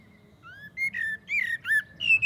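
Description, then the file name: Common blackbird's clear, mellow whistled notes, slurred and wavering, sung in a short, leisurely sequence. "Turdus merula"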